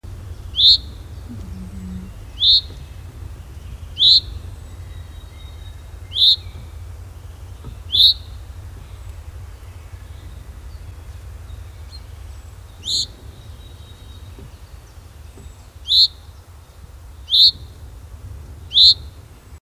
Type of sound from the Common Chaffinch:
call